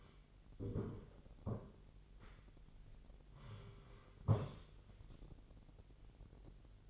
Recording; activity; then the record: daily activity, microphone in the room; sit down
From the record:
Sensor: 4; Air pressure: 999.3 hPa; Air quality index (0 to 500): 114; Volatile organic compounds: 2 ppm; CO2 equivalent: 1126 ppm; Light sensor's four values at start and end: 12/29/12/13 and 12/29/12/13